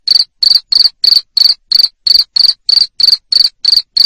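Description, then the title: Cricket chirps, high and rasping, repeated evenly about three times a second throughout. Loud cricket chirping used to stimulate lovebirds to keep singing in their ngekek style. "Suara JANGKRIK NGERIK Keras Bikin LOVEBIRD Jadi NGEKEK Terus Vubey"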